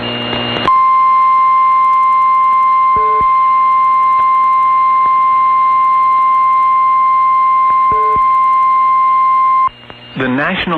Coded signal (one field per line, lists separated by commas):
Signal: Emergency Alert System (SAME) tones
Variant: 1050 Hz attention tone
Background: speech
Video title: Late-June Action | EAS Alerts from June 29th, 2023 (EAS #2845-2852)